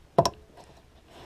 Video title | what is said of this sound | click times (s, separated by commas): 2009 Lexus GX470 Headlight Bulb Halogen Upgrade | lined in place, and push it up till it clicks. | 0.2 s